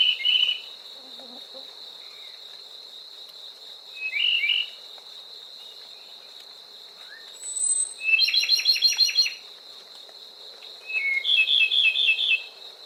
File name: Зарянка -Голос